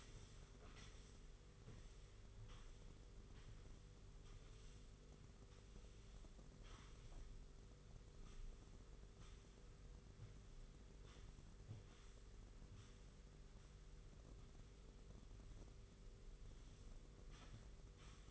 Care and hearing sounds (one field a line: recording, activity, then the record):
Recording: daily activity, microphone in the room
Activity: sweep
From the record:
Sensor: 4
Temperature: 27.3 degrees Celsius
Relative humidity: 40.1%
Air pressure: 991.3 hPa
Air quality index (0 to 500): 158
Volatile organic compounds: 127 ppm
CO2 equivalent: 3911 ppm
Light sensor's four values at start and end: 23/73/27/28 and 24/78/29/30